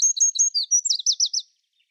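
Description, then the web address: Bird song, a few high chirps then a quick series of loud looping downslurred notes, ending abruptly. "Bird Only"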